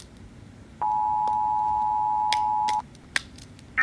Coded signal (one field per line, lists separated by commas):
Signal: Emergency Alert System (SAME) tones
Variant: 853 and 960 Hz attention tone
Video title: Rating EAS alarms